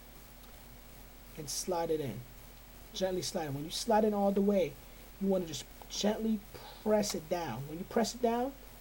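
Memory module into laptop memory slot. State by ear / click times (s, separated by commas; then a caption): not seated / none. A laptop memory module is slid into the laptop's memory slot and handled before being pressed down into its side latches, while someone talks throughout. Only speech is heard, with no distinct clicks or snaps. Nothing has seated or clicked into the latches yet.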